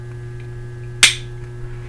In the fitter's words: for the right spin you're gonna go ahead and turn it to counterclockwise you should hear it click see